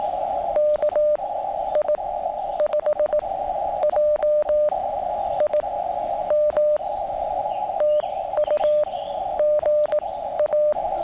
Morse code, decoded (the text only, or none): KI5JIM TU GA